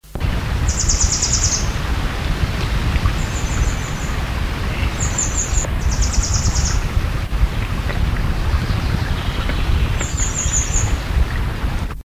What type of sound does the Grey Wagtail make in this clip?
call